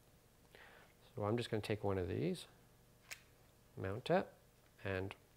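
Someone talks while picking up a battery plate, a Canon LP6 or Sony NP-F style, and mounting it onto the back of a Cineroid EVF4RVW Retina electronic viewfinder monitor. Only faint handling ticks are heard, near 0.6 s and 3.1 s. The plate has not seated or clicked into place yet.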